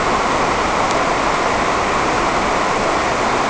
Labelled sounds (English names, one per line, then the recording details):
none
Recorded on Arctic tundra, site NAIT-1, on 28 June 2018
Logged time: 07:00